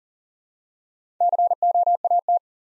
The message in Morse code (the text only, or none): COAT